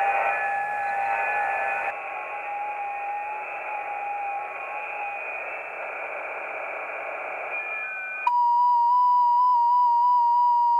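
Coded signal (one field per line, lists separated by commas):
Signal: FT8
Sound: hissy band noise with faint tones, then a loud steady tone wobbling slightly in pitch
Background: radio static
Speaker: it's around 9pm and we're just testing 40 meters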